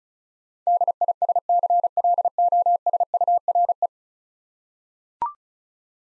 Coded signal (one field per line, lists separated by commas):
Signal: Morse code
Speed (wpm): 34 wpm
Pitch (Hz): 700 Hz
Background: none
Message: DISCLOSURE